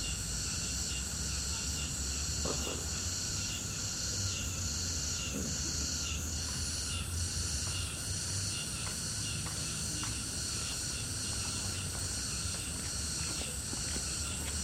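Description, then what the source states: Continuous high cricket chorus with soft clicks and taps scattered through it, over steady low background noise. Crickets in the Old Summer Palace, in summer.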